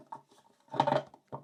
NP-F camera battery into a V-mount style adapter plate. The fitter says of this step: sliding the battery on, pushing it in, and as I said, that clips and locks into place.